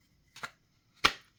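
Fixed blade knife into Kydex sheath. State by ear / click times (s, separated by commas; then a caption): seated / 1.1 s. A Gtkii GTK2 fixed-blade knife with an AUS-10 steel blade is pushed into its molded Kydex sheath, with a softer sliding rasp around 0.4 s. The retention locks with a sharp snap at 1.1 s, and the knife is seated securely with no rattle.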